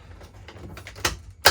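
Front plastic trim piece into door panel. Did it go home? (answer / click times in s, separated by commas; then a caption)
yes / 1.0 s, 1.5 s. A front-side plastic trim piece is pressed onto the door panel of a 2020 Lexus GX460 and seated. Faint handling ticks come first over a low steady hum, then the piece snaps in with two sharp clicks at 1.1 s and 1.5 s, the second louder.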